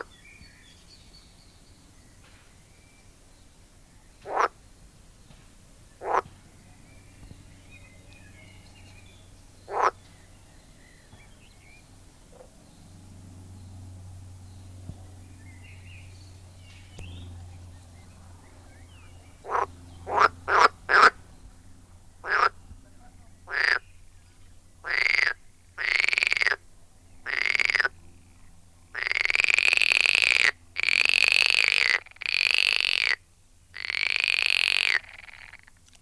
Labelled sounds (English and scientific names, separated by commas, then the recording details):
Edible Frog (Pelophylax esculentus)
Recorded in the wild
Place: Lübars, Benekendorffstraße, Berlin, DE
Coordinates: 52.6167, 13.3469
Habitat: Gartenteich
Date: 2000-04-30 13:15
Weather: heiter, 24°C
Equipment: Nagra SN, Kopie Uher 4000 Report Monitor
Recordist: Tembrock, Günter